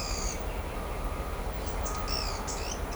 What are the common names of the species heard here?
Pale-eyed Pygmy Tyrant